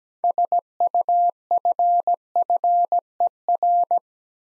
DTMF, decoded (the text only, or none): none